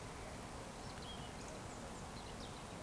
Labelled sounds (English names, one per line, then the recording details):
Eurasian Woodcock whistle
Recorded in Baden-Württemberg, Germany, on 15 June 2020 at 19:20 UTC
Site 14569, 102 m above sea level